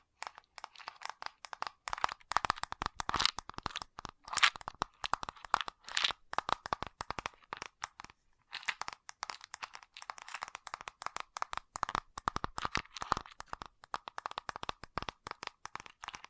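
Fast ASMR tapping, a dense run of quick, sharp, crisp taps with a crunchy, crackly edge and a bright, clicky tone. The rhythm is rapid and uneven, with louder bursts here and there and a brief pause just past the eight-second mark.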